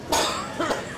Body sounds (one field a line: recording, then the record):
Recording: coughing mixed with background sound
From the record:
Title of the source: Spring Allergy Coughing